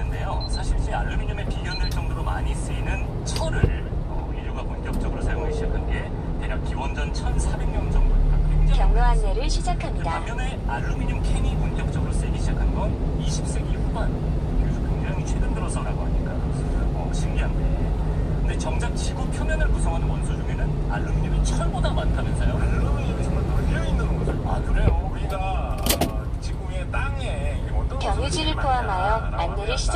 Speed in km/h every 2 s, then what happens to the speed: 10, 9, 10, 13, 15, 18, 18, 17, 17, 18, 20, 23, 24, 22, 19.
0-5 steady at about 10. 5-10 speeds up to 18. 10-17 steady at about 17. 17-22 speeds up to 23. 22-30 steady at about 22.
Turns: none.